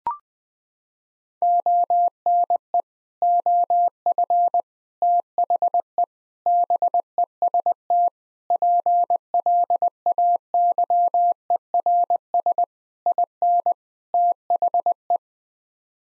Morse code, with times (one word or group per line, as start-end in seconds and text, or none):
1.4-2.8 ONE
3.2-4.6 OF
5.0-6.0 THE
6.5-8.1 BEST
8.5-12.6 PLAYERS
13.1-13.7 IN
14.1-15.2 THE